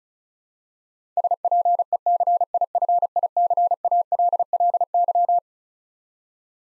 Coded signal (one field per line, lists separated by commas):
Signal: Morse code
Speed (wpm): 34 wpm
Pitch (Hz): 700 Hz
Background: none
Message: SPECIFICALLY